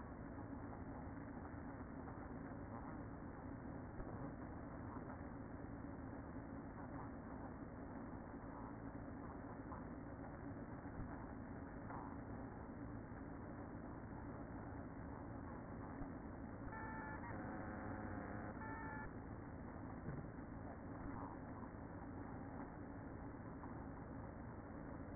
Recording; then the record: honeybee colony, microphone inside the hive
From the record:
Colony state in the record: queen present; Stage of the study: after two queens were removed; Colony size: about 60,000 bees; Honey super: yes